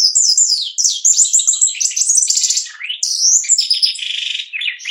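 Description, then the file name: Shiny cowbird song, a continuous rush of high bubbling, gurgling notes with quick down-slurred whistles and a buzzy trill, no pauses and no other sounds. "canto do chupim"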